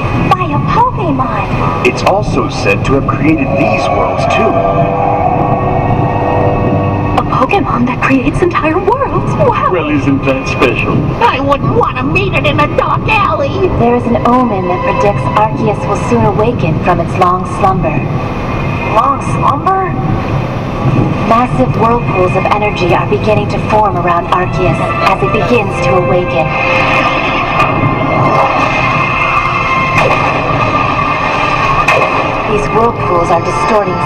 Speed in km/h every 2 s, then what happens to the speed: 111, 111, 111, 112, 112, 112, 112, 112, 111, 111, 111, 109, 105, 99, 97, 92, 86.
0-21 steady at about 111. 21-34 slows to 86.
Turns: none.